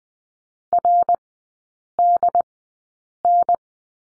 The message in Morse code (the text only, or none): RDN